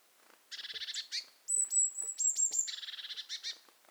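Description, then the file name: Eurasian blue tit scolding: a buzzy churr, then a drawn-out high thin note with sharp clicks, ending in another longer buzzing rattle. "Cyanistes caeruleus"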